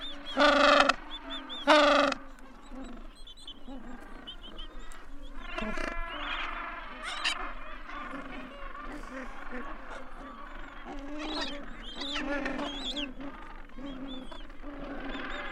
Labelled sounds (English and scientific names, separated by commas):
Gentoo Penguin (Pygoscelis papua) call